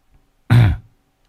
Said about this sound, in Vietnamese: Lúc nãy ho phát đấy, quả đấy là ho thật đấy không ạ?